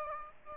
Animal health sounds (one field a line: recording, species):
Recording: mosquito wingbeat signal from an infrared sensor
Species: Aedes aegypti